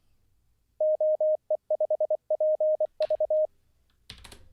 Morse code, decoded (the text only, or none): OE5PV